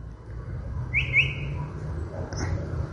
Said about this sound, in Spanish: Es muy dúctil el canto de la calandria. Es un gran imitador. Hace distintos sonidos. Y no se la confunde, porque no es el mismo trino monótono constante. Escúchenla.